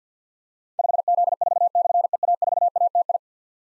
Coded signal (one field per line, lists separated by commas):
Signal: Morse code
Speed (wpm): 51 wpm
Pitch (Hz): 700 Hz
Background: none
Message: 5Z4/EA4ATI